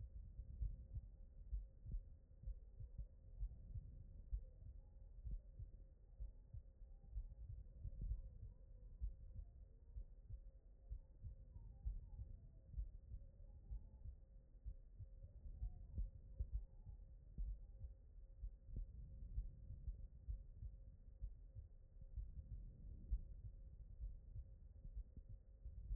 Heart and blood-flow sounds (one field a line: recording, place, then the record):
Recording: heart sounds by stethoscope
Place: aortic valve (AV)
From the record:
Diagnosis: non-HFrEF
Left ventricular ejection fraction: 62%